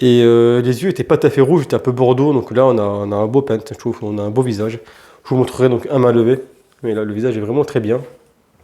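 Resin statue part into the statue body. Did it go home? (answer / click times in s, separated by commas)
no / none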